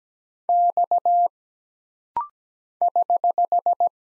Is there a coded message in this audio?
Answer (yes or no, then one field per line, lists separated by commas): yes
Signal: Morse code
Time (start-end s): 0.5-3.9 s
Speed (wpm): 17 wpm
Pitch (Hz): 700 Hz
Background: none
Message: X <HH>